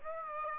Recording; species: mosquito wingbeat signal from an infrared sensor; Aedes aegypti